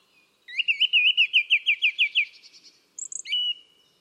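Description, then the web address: Bird trill: a fast, even series of about a dozen wavering notes, followed by a brief high chirp and a short steady whistle. "cianscape birddata Deverinetal 2025. Bird Only"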